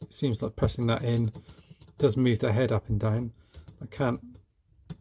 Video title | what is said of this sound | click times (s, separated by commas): Beast Machines Savage Noble - Transformers Review | I can't get it so this bit kind of locks into place. | none